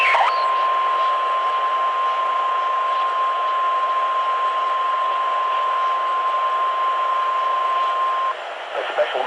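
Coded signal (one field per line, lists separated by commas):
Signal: Emergency Alert System (SAME) tones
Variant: 1050 Hz attention tone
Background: speech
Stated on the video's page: Alerts received by late-night AM DX reception of distant broadcast stations, also relayed via a station's stream.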